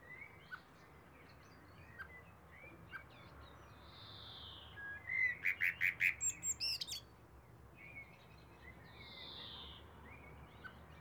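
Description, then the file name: Eurasian blackbird in the middle: a quick run of about eight clipped notes ending in thin high squeaks, with faint scattered birdsong and hiss around it. "Turdus merula"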